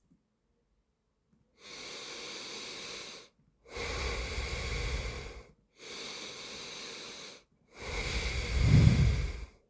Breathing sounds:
nose breathing near a microphone
1.20-3.30 s: inhalation
3.30-5.40 s: exhalation
5.40-7.40 s: inhalation
7.40-9.70 s: exhalation
From the record:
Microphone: phone

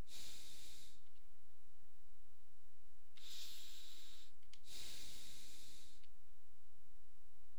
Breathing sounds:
nose breathing near a microphone
0.00-1.06 s: exhalation
3.06-4.46 s: inhalation
4.46-5.96 s: exhalation
From the record:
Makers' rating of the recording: medium

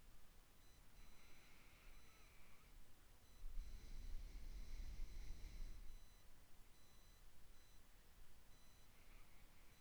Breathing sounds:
nose breathing near a microphone
0.93-3.51 s: inhalation
3.51-6.32 s: exhalation
8.71-9.81 s: inhalation
From the record:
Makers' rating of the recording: medium

